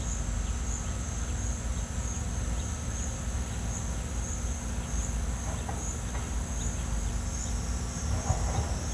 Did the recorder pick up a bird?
yes